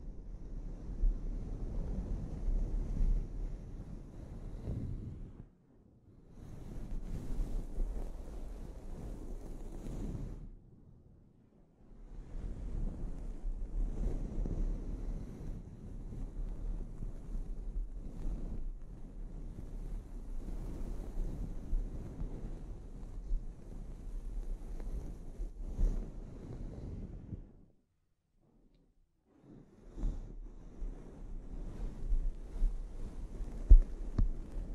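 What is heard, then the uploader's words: Scalp treatment: long stretches of low, muffled rubbing and scrubbing, stopping briefly near six, eleven and twenty-eight seconds before resuming. ASMR Sleep Inducing Scalp Treatment (No Talking).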